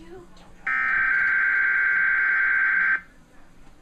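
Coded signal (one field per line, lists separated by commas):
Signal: Emergency Alert System (SAME) tones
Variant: header bursts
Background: speech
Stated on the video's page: Required weekly test received on TV cable.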